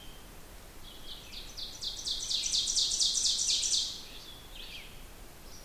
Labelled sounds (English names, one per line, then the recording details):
Ovenbird song
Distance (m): 20 m
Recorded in boreal forest in Alberta, Canada, on 16 June 2016 at 08:30
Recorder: SongMeter 3, array SBT-3-32
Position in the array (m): 162 m, 33 m
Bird 36